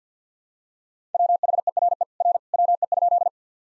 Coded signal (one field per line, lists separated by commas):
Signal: Morse code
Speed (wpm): 45 wpm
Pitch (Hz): 700 Hz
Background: none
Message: WHERE R WE?